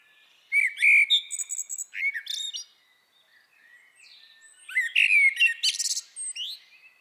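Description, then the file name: Eurasian blackbird singing two phrases, each opening with low fluty notes that run into scratchy, high-pitched twitters, separated by a short pause. "Turdus merula"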